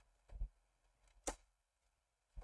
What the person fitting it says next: Nice little snap there.